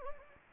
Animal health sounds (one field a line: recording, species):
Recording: mosquito wingbeat signal from an infrared sensor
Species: Anopheles gambiae